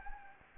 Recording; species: mosquito wingbeat signal from an infrared sensor; Anopheles gambiae